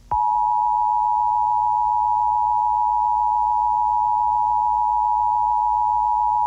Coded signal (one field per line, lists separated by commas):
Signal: Emergency Alert System (SAME) tones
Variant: 853 and 960 Hz attention tone